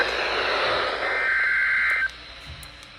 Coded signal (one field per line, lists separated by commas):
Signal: Emergency Alert System (SAME) tones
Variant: header bursts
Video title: (DOUBLE HEADER) River Flood Warning - 3/17/2025 (EAS #180-181)